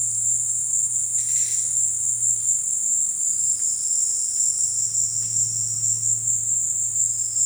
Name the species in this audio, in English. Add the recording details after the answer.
none. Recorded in dense forest near Puerto Asís, Putumayo, Colombia, on 20 February 2024 at 14:00. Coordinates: 0.472, -76.329. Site G6394